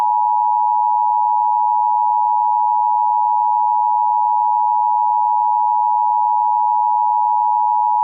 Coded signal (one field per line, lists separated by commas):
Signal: Emergency Alert System (SAME) tones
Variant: 853 and 960 Hz attention tone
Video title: EAS Classic: CD503TV EAS Test